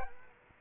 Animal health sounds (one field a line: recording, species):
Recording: mosquito wingbeat signal from an infrared sensor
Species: Culex quinquefasciatus